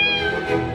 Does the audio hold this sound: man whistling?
no